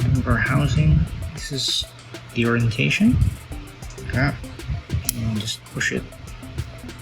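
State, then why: Seated. A plastic motor housing for a Tamiya Mini 4WD AR Chassis Cyclone Magnum toy car is lined up in the right orientation and pushed into the gearbox housing. Someone talks over background music, and a single sharp click at 5.1 seconds marks the motor housing snapping into place in the gearbox.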